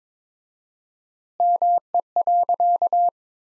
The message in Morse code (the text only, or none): ME.